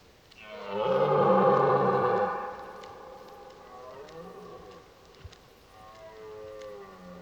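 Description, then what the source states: Red deer roar: one loud, deep, harmonic bellow of about two seconds, then a much quieter drawn-out groan trailing through the rest. During the rut, while driving the herd.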